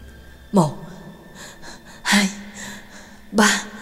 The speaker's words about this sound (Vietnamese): Trong không gian chỉ còn lại tiếng thở gấp gáp nặng nề của Nhạc Dương.